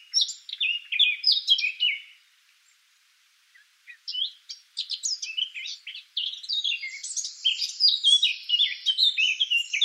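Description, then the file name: Eurasian blackcap song, a continuous fast scratchy warble broken by one brief pause before resuming more densely. "Sylvia atricapilla"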